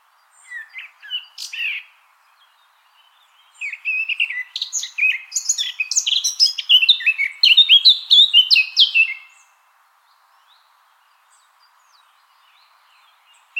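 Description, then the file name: Eurasian blackcap singing a few short notes, then a long warble of varied notes that grows louder before stopping. "Sylvia atricapilla"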